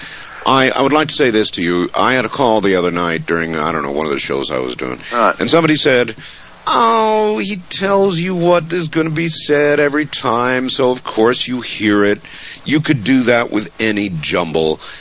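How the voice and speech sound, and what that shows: A man speaks in a steady, mid-pitched voice at a natural conversational pace, recounting a listener's call, with only brief pauses. Articulation is clear and fluent, with no blocks, repeats or strain. This is ordinary adult speech with no sign of a speech disorder.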